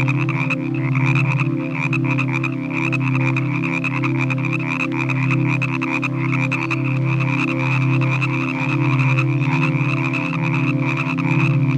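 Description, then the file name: Frogs croaking in a dense chorus, a deep droning croak pulsing slowly under a constant high-pitched trilling. "Nature Collection - Croak Frog Calls"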